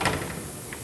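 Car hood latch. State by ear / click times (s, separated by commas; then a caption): released / 0.7 s. A hand presses down the front section of the hood latch on an ASC TT Firebird, with a brief louder rustle at the start. A soft pop comes at 0.7 s as the back section of the latch springs up, and the hood is released.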